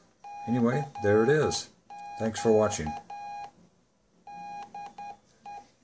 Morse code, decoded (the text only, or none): CQ DE